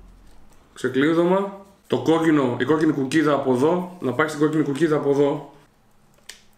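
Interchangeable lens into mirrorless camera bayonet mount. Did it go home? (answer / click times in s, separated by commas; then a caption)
yes / 6.3 s. A prime lens is lined up red dot to red dot on a Xiaomi Yi M1 mirrorless camera body and twisted into its bayonet mount while someone talks. After the talk stops, a short, sharp click is heard at 6.3 s as the lens seats, leaving it firmly locked in place.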